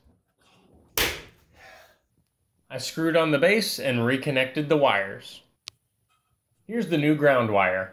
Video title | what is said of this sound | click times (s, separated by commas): Bench Grinder Restoration | Reinstalling the center piece of sheet metal was a bit tricky, but it eventually snapped into place. | 1.0 s